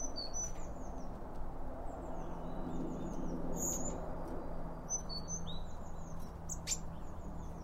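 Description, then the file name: Birds calling with frequent short high chirps and downslurred tweets throughout, several birds overlapping, above a constant low background hum. Several birds around a bird feeder, recorded with two Line Audio OM 1 microphones. "Birds Around Birdfeeding With Two Om 1 From Line Audio"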